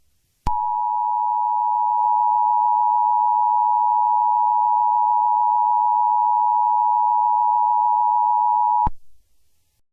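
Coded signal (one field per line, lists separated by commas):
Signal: Emergency Alert System (SAME) tones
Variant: 853 and 960 Hz attention tone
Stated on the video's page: Fictional EAS scenario about an abduction, with music added.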